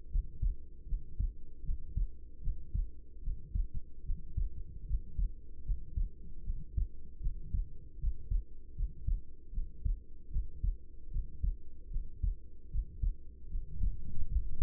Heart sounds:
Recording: heart sounds by stethoscope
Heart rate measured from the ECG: 76 bpm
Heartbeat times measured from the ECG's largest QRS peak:
0.09 s: heartbeat
0.86 s: heartbeat
1.63 s: heartbeat
2.41 s: heartbeat
3.21 s: heartbeat
4.03 s: heartbeat
4.85 s: heartbeat
5.63 s: heartbeat
6.43 s: heartbeat
7.20 s: heartbeat
7.98 s: heartbeat
8.74 s: heartbeat
9.51 s: heartbeat
10.30 s: heartbeat
11.10 s: heartbeat
11.89 s: heartbeat
12.69 s: heartbeat
13.49 s: heartbeat
14.27 s: heartbeat
From the record:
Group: healthy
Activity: cold pressor test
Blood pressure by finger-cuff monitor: 112/58 mmHg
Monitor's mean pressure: 76 mmHg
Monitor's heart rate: 77 bpm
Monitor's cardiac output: 6.9 L/min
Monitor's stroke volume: 89 mL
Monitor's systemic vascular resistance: 790 dyn s/cm5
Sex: female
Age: 26 years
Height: 165 cm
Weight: 55 kg

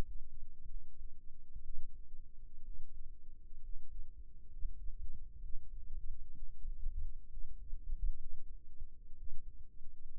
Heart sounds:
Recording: heart sounds by microphone in the right ear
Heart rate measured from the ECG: 64 bpm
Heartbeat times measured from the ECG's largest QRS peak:
0.66 s: heartbeat
1.62 s: heartbeat
2.61 s: heartbeat
3.61 s: heartbeat
4.48 s: heartbeat
5.41 s: heartbeat
6.34 s: heartbeat
7.29 s: heartbeat
8.17 s: heartbeat
9.14 s: heartbeat
From the record:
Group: healthy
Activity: rest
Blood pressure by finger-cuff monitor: 101/59 mmHg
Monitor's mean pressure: 74 mmHg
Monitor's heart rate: 64 bpm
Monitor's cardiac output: 6.2 L/min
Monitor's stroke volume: 102 mL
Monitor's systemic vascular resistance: 850 dyn s/cm5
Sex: male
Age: 22 years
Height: 181 cm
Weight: 79 kg

